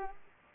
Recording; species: mosquito wingbeat signal from an infrared sensor; Aedes aegypti